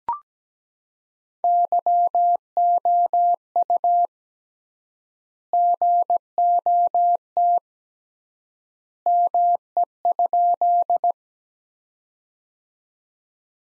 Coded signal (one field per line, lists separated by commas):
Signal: Morse code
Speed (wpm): 17 wpm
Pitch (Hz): 700 Hz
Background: none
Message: YOU GOT ME?